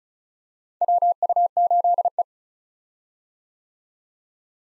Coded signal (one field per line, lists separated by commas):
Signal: Morse code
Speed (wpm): 36 wpm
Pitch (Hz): 700 Hz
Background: none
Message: WU8E